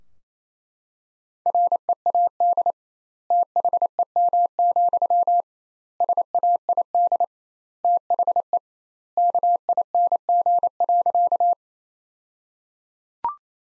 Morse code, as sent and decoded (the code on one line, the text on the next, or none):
.-. . .- -.. / - .... . -- --..-- / ... .- .. -.. / - .... . / -.- .. -. --. .-.-.-
READ THEM, SAID THE KING.